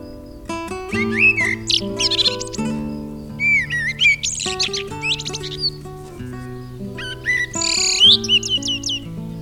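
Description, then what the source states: Common blackbird song: fluted, mellow phrases, each ending in high thin twittering, several phrases with short pauses, over soft background music. Garden recording.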